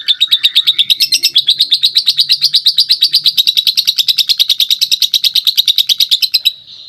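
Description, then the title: White-eye song: a long, fast, rolling trill of high chirpy notes held steady for about six seconds, with faint low hum underneath. Pleci 'ngerol ngalas' song: rolling, wild-style song. "Suara Burung Pleci Ngerol Ngalas"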